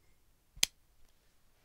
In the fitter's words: and you get these satisfying little clicks let me put it to the mic you